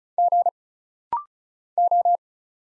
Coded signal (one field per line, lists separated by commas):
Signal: Morse code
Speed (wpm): 36 wpm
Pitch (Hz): 700 Hz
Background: none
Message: G O